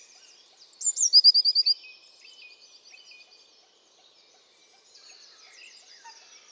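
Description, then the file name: Eurasian blue tit song: a single phrase of high thin notes running into a quick, clipped trill, followed by fainter high notes. "Cyanistes caeruleus"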